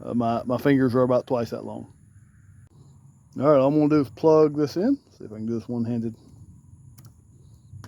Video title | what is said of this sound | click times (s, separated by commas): Auxito H13 LED Headlights for Jeep JK | I can. Plug right on in. I heard the little click. | 7.8 s